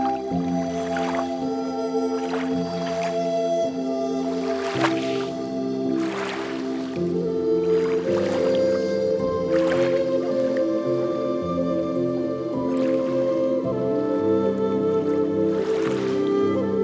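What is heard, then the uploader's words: Water and nature sounds with a steady, low humming drone underneath that shifts to new pitches near 5, 8 and 14 seconds. Soft swishing, splashing swells rise every one to two seconds, and the overall level stays even throughout. On the Edge of the Pier. Water and nature sounds.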